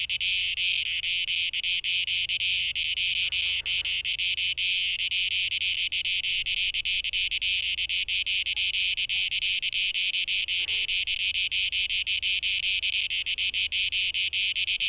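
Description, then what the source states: Cicada chorus: an unbroken, bright, high hiss-like drone with a fast flickering texture, holding steady for the full length. 12 August 2023; tape echo mix.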